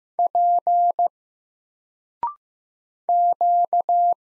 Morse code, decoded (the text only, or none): P Q